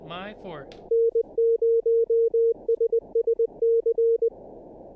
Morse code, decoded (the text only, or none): N0SSC